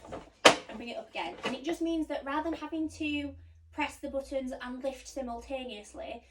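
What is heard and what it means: Grey release buttons on an Egg Diamond stroller are pressed to unlock the carrycot from the chassis, and a single sharp click at 0.5 s marks the latch letting go. Someone talks throughout, and the carrycot is released so it can simply be lifted off.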